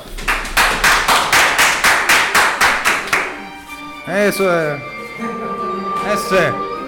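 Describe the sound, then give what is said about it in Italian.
Steady, rhythmic applause: about a dozen sharp claps in quick even succession over three seconds, then the clapping stops and voices call out. “Applauso!”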